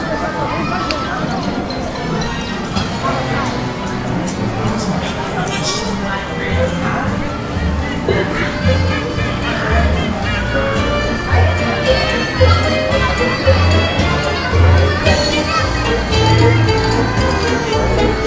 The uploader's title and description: Universal Islands of Adventure audio journey. The amazing sounds that come from a Theme Park